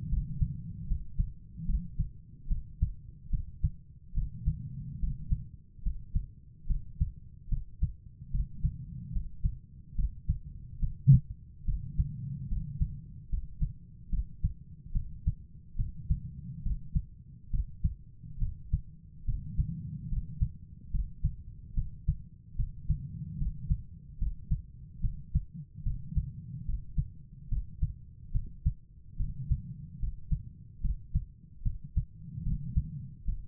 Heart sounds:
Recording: heart sounds by stethoscope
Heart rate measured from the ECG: 72 bpm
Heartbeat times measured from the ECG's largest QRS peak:
0.08 s: heartbeat
0.87 s: heartbeat
1.65 s: heartbeat
2.47 s: heartbeat
3.29 s: heartbeat
4.13 s: heartbeat
4.99 s: heartbeat
5.82 s: heartbeat
6.66 s: heartbeat
7.48 s: heartbeat
8.30 s: heartbeat
9.12 s: heartbeat
9.95 s: heartbeat
10.79 s: heartbeat
11.64 s: heartbeat
12.48 s: heartbeat
13.29 s: heartbeat
14.09 s: heartbeat
14.92 s: heartbeat
15.75 s: heartbeat
16.62 s: heartbeat
17.50 s: heartbeat
18.38 s: heartbeat
19.24 s: heartbeat
20.08 s: heartbeat
20.90 s: heartbeat
21.73 s: heartbeat
22.55 s: heartbeat
23.37 s: heartbeat
24.18 s: heartbeat
25.00 s: heartbeat
25.82 s: heartbeat
26.65 s: heartbeat
27.48 s: heartbeat
28.31 s: heartbeat
29.16 s: heartbeat
29.99 s: heartbeat
30.80 s: heartbeat
31.62 s: heartbeat
32.42 s: heartbeat
33.24 s: heartbeat
From the record:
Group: healthy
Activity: rest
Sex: female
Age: 32 years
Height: 172 cm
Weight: 71.7 kg

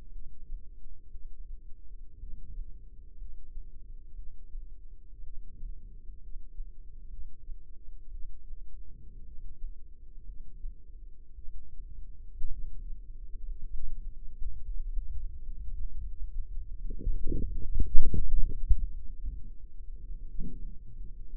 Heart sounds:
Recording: heart sounds by microphone in the left ear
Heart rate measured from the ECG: 60 bpm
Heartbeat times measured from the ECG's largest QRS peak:
0.11 s: heartbeat
1.10 s: heartbeat
2.18 s: heartbeat
3.17 s: heartbeat
4.14 s: heartbeat
5.22 s: heartbeat
6.19 s: heartbeat
7.08 s: heartbeat
8.10 s: heartbeat
9.23 s: heartbeat
10.24 s: heartbeat
11.33 s: heartbeat
12.49 s: heartbeat
13.47 s: heartbeat
14.36 s: heartbeat
15.30 s: heartbeat
16.17 s: heartbeat
17.09 s: heartbeat
18.14 s: heartbeat
19.05 s: heartbeat
19.99 s: heartbeat
20.95 s: heartbeat
From the record:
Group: healthy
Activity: rest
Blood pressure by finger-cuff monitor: 103/69 mmHg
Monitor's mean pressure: 78 mmHg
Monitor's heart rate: 61 bpm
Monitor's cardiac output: 4.4 L/min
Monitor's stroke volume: 74 mL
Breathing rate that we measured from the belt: 9 breaths a minute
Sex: female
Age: 36 years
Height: 163 cm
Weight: 88 kg

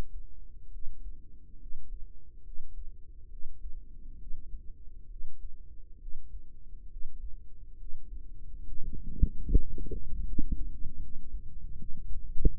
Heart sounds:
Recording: heart sounds by microphone in the right ear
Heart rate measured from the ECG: 71 bpm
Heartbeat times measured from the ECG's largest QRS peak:
0.69 s: heartbeat
1.57 s: heartbeat
2.42 s: heartbeat
3.28 s: heartbeat
4.16 s: heartbeat
5.06 s: heartbeat
5.97 s: heartbeat
6.87 s: heartbeat
7.75 s: heartbeat
8.61 s: heartbeat
9.44 s: heartbeat
10.23 s: heartbeat
10.98 s: heartbeat
11.74 s: heartbeat
12.54 s: heartbeat
From the record:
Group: healthy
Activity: rest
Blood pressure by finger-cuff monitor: 116/59 mmHg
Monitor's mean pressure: 74 mmHg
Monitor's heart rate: 68 bpm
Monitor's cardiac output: 5.8 L/min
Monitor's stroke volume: 84 mL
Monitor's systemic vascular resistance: 920 dyn s/cm5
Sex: female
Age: 32 years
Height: 168 cm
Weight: 61.9 kg

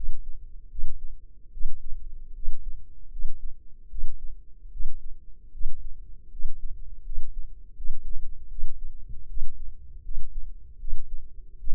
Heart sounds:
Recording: heart sounds by microphone in the left ear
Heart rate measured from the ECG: 77 bpm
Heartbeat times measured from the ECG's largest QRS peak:
0.69 s: heartbeat
1.51 s: heartbeat
2.33 s: heartbeat
3.10 s: heartbeat
3.88 s: heartbeat
4.70 s: heartbeat
5.51 s: heartbeat
6.30 s: heartbeat
7.03 s: heartbeat
7.75 s: heartbeat
8.48 s: heartbeat
9.27 s: heartbeat
10.02 s: heartbeat
10.78 s: heartbeat
11.57 s: heartbeat
From the record:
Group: healthy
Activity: cold pressor test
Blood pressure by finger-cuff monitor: 144/89 mmHg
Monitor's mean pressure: 106 mmHg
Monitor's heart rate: 78 bpm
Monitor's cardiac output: 6.4 L/min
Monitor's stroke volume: 82 mL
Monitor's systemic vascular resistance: 1240 dyn s/cm5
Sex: male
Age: 21 years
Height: 180 cm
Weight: 67.5 kg

